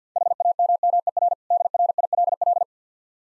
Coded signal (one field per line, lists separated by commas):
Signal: Morse code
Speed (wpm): 50 wpm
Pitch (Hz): 700 Hz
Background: none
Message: HAMMER DRILL